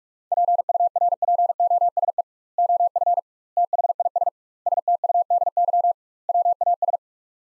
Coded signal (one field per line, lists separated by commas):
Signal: Morse code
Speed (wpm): 46 wpm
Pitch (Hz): 700 Hz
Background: none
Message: PURPOSE OF THIS STUDY WAS